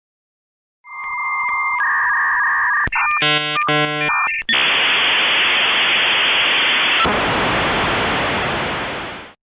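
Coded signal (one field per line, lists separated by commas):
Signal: dial-up modem handshake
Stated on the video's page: Dial-up internet sound effect from a free meme sound effects compilation.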